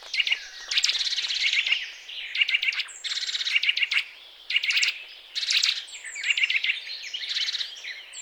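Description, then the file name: Eurasian nuthatch calls in quick, busy volleys of high, sharp notes, with only brief breaks. "Sitta europaea"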